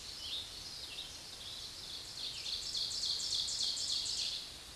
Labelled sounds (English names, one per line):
Ovenbird song